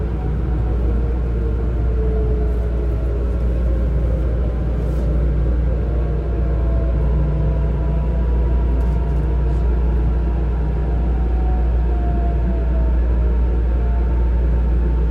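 A loud, steady hum fills the Taipei MRT Tamsui line carriage, with deep rumble, faint shifting whines, and occasional light clicks; no voices.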